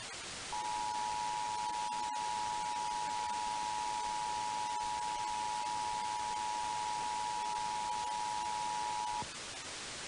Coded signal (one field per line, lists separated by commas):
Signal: Emergency Alert System (SAME) tones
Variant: 853 and 960 Hz attention tone